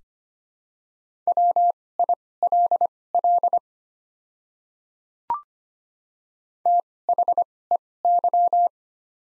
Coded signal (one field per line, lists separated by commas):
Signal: Morse code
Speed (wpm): 25 wpm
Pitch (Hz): 700 Hz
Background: none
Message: WILL THEY